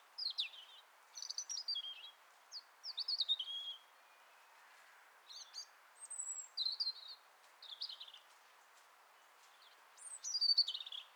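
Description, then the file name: European robin delivering short, high, silvery phrases of slurred whistles and trills, separated by short pauses. "Erithacus rubecula"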